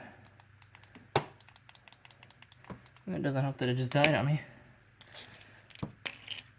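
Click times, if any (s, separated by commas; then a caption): 6.1 s. A wiring harness connector is pushed by hand onto the fog/daytime running light housing of a Camaro RS, with its white locking tab on top then pushed down to hold it in place. Amid small handling clicks, including a sharp one near 1.2 s, someone talks, and the connector clicks into place at 6.1 s, fully seated.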